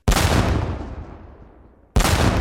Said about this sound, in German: Als ich zur Welt kam, wurden 10 Kanonenschüsse abgefeuert. Das bedeutet, ein Sohn ist geboren.